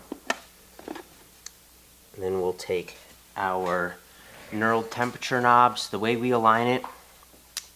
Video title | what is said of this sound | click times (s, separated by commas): Odyssey Argos Removing Side Panels and Covers | to our other side our other panel we'll just snap right in | 0.3 s